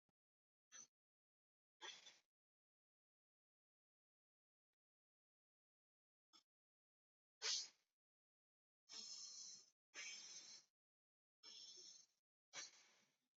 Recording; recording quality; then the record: deep breathing; excellent, no background noise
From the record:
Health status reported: healthy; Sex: male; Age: 25 years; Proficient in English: yes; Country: India